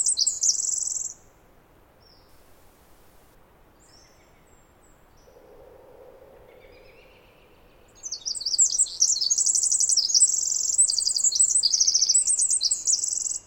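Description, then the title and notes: Pacific wren song ending, a few seconds of near silence with a faint low hum, then a new burst of fast, high tinkling trills. Wild bird singing in the morning after a dawn chorus, recorded unattended while camping; Snider Jackson/Rugged Ridge trail, May 11-13 2018; very loud, peaking just under 0 dB. "The very loud Pacific Wren. Snider Jackson/ Rugged Ridge trail. 2018 May 11-13"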